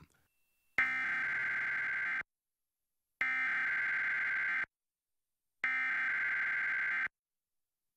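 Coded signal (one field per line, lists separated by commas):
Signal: Emergency Alert System (SAME) tones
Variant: header bursts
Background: speech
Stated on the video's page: Required Monthly Test relayed by Seattle-area FM, HD, TV and AM stations.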